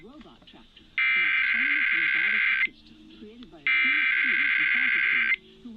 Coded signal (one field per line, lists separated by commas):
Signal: Emergency Alert System (SAME) tones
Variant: header bursts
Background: speech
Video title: SHORT AND SWEET... EAS Tests from May 2025 (EAS #5,799 - 5,813)